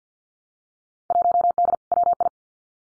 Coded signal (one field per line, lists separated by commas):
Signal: Morse code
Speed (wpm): 50 wpm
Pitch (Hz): 700 Hz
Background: none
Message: 1D WI